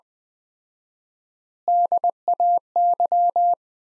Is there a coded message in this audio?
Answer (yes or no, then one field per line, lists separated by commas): yes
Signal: Morse code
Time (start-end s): 1.7-3.5 s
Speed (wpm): 20 wpm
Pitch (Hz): 700 Hz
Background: none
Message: DAY